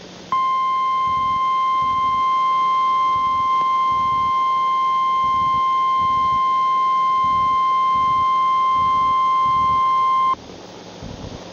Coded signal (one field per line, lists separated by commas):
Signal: Emergency Alert System (SAME) tones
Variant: 1050 Hz attention tone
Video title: Emergency Alert System May, 29, 2011